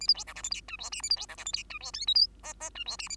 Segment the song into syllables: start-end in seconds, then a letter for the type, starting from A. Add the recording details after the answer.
0.00-0.07 A, 0.08-0.14 B, 0.14-0.24 C, 0.27-0.33 D, 0.35-0.42 E, 0.43-0.50 F, 0.51-0.61 G, 0.68-0.77 H, 0.79-0.90 I, 0.92-1.02 J, 1.02-1.09 A, 1.10-1.16 B, 1.16-1.26 C, 1.28-1.36 D, 1.37-1.45 E, 1.45-1.52 F, 1.53-1.64 G, 1.70-1.79 H, 1.80-1.92 I, 1.93-2.06 K, 2.07-2.14 L, 2.15-2.27 M, 2.43-2.54 N, 2.60-2.70 N, 2.75-2.84 H, 2.86-2.97 I, 2.98-3.08 J, 3.09-3.16 A. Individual Bird2